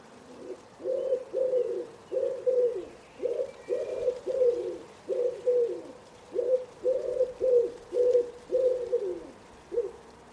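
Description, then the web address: Common Wood Pigeon song: steady repeated phrases of mellow, hollow coos, grouped in rhythmic bursts with brief pauses between them. Bird-only recording from a 2025 soundscape bird dataset. "cianscape. Deverinetal"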